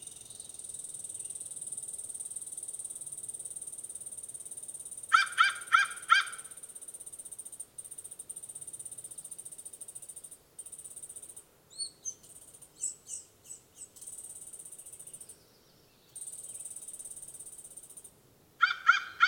American Crow call recorded on the Cub Lake Trail of Rocky Mountain National Park.